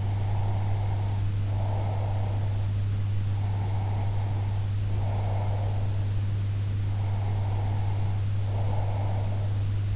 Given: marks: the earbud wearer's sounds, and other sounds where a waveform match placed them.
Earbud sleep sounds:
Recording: sounds in sleep by an in-ear microphone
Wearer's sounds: breath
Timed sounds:
0.00-2.77 s: breath
3.34-6.00 s: breath
6.94-9.48 s: breath

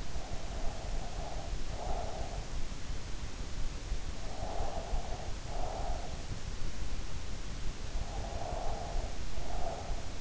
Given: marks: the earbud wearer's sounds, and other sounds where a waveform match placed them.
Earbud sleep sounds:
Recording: sounds in sleep by an in-ear microphone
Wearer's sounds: breath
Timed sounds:
0.00-2.72 s: breath
4.26-6.31 s: breath
7.65-10.21 s: breath

